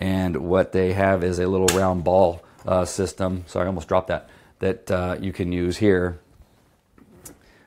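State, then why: Seated. A small round-ball mount piece is fitted into the hole on a tripod head while someone talks. After the talking stops, one sharp snap at 7.3 s marks the mount popping into place, and the mount is seated.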